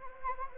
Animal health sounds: mosquito wingbeat signal from an infrared sensor; Anopheles gambiae

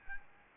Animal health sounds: mosquito wingbeat signal from an infrared sensor; Aedes albopictus

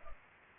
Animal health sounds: mosquito wingbeat signal from an infrared sensor; Culex pipiens

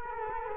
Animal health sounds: mosquito wingbeat signal from an infrared sensor; Culex quinquefasciatus

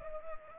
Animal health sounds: mosquito wingbeat signal from an infrared sensor; Culex pipiens

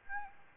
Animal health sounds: mosquito wingbeat signal from an infrared sensor; Aedes albopictus

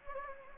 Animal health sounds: mosquito wingbeat signal from an infrared sensor; Anopheles gambiae

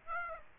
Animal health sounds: mosquito wingbeat signal from an infrared sensor; Aedes aegypti

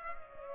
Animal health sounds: mosquito wingbeat signal from an infrared sensor; Culex pipiens

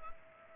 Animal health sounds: mosquito wingbeat signal from an infrared sensor; Culex pipiens

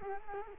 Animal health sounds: mosquito wingbeat signal from an infrared sensor; Culex quinquefasciatus

